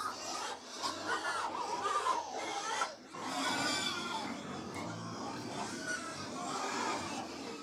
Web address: BBC Sound Effects Library BBC Livestock 1 Approx 100 Pigs Feeding